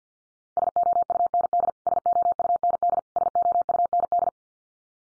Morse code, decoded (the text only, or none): SOUND SOUND SOUND